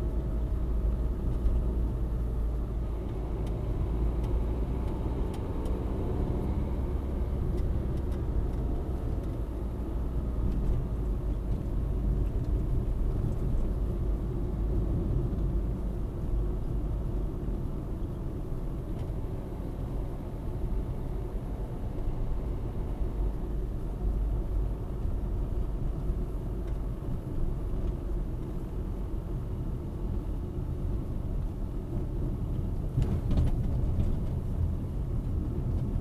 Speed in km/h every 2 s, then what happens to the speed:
43, 43, 47, 51, 48, 40, 39, 38, 37, 35, 37, 38, 38, 36, 32, 30, 29, 29.
0-7 speeds up to 51. 7-17 slows to 35. 17-24 steady at about 37. 24-36 slows to 29.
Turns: none.